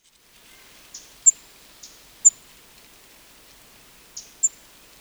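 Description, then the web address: Bird flight calls: short, very high chips in three quick pairs, each a faint note followed by a louder sharp one, spaced about a second or more apart over a quiet background. Call given in flight. "voce di un uccello in volo"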